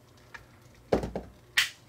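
A US plug adapter is lined up on the end of a Jimu Meebot robot's battery charger and pushed in. A few soft knocks and a low thump come first, and then a sharp bright click at 1.6 s shows the adapter is seated.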